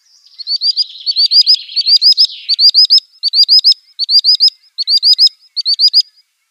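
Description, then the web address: Common sandpiper display call: high, thin, rising notes in quick groups of three or four, repeated steadily with short pauses, one buzzier stretch near the start. Male display. "Schulze Peter Common Sandpiper male display"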